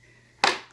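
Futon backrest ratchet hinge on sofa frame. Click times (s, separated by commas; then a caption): 0.4 s. A Serta convertible sofa (futon) backrest is lifted from flat up to the upright sofa position, and its ratchet hinge on the sofa frame gives a loud, sharp click at 0.4 s, then rings down. The backrest locks upright in sofa position.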